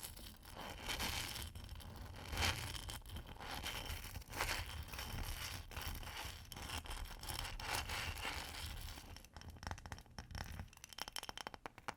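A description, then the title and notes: Ice is scratched and scraped in a dense, crackling run of gritty rasps that carries steadily through most of the clip, with louder swells near 2.5, 4.5 and 8 seconds. Near the end it thins into separate sharp taps and clicks. ASMR Ice Tapping & Scratching (No Talking).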